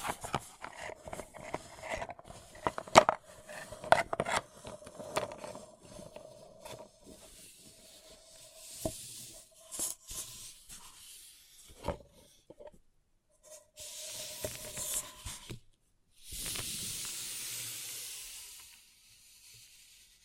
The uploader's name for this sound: Paper Cup Tingles